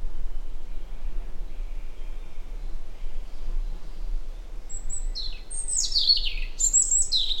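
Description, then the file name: European robin song starting after a quiet spell, with a high thin note followed by cascading, falling notes toward the end, over constant low rumbling noise. "Erithacus rubecula"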